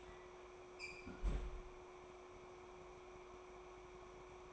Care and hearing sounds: daily activity, microphone in the room; close fridge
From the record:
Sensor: 1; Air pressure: 1004.6 hPa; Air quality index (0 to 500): 192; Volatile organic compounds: 16 ppm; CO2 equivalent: 2540 ppm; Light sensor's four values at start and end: 5/11/4/4 and 5/11/4/4

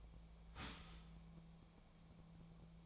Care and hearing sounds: daily activity, microphone in the room; start toaster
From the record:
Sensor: 1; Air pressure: 1000.3 hPa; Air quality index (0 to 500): 156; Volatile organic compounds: 3 ppm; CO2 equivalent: 1461 ppm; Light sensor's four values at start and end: 29/72/30/36 and 29/72/30/36

